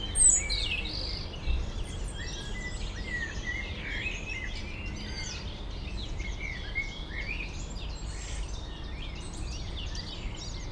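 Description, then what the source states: European robin singing high, thin, varied phrases over a chorus of other birds, with a steady low hum of traffic throughout. Foreground robin in the small Bois de Memard near Jardin Vagabond, peri-urban Aix-les-Bains, France, amid other birds; city and lake-boat rumble in background.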